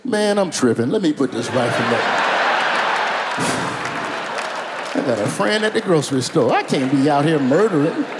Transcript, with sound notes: Man, I'm tripping. Let me put this rifle up.
(LAUGHTER)
I got a friend at the grocery store. I can't be out here murdering.